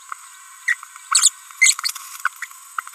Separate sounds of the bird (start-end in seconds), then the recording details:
0.68-0.74, 1.11-1.30, 1.62-1.75, 2.25-2.28, 2.42-2.45. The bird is a female. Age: 30 days. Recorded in a nest box in Venezuela. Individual 17B42B3